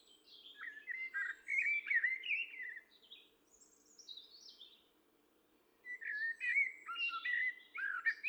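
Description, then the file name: Common blackbird song with fluting, varied warbled phrases and high-pitched twittering endings, quieter thin notes in between, and a steady low hum in the background. "Turdus merula"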